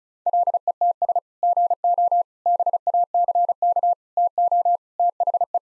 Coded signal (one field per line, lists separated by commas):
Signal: Morse code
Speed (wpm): 36 wpm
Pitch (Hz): 700 Hz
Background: none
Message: LETS GO BACK TO THE